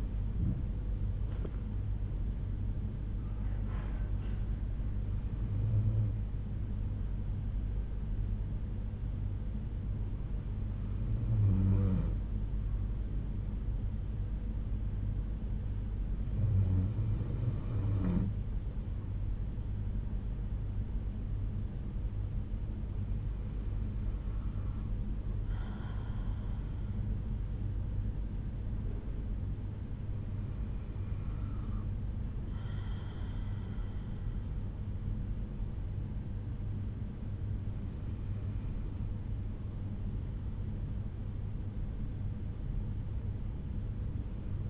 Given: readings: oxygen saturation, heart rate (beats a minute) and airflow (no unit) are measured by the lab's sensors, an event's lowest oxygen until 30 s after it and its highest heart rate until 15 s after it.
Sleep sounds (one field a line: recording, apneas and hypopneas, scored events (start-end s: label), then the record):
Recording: breathing in sleep by a smartphone at the bedside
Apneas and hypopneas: none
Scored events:
none scored
From the record:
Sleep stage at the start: N2 (light sleep)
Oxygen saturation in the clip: 92 to 93%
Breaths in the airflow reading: 7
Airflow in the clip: -6.1 to 4.0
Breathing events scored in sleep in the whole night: 368 in 8.0 hours asleep